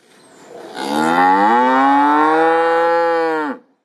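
Cow mooing: one long, loud moo lasting nearly three seconds, rising slightly then holding steady before dropping off abruptly.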